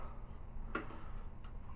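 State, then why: Partly seated. A plastic combiner robot limb figure is pressed into its connection port on the toy torso, making a sharp click at 0.8 s and a fainter tick near 1.4 s against quiet background noise. The limb peg is not fully seated because it is not all the way in and is not forced harder. There is no talk in the clip.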